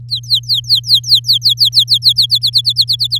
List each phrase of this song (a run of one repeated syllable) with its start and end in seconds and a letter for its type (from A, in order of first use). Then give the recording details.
0.09-2.26 A, 2.29-3.19 B. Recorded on 7 May 2018 at 14:19. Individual llb16